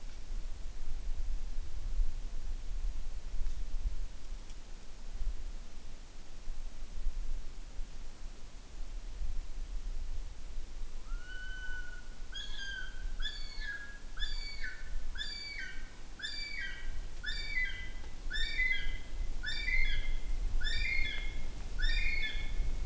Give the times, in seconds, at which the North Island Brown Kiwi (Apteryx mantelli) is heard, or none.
10.94-22.86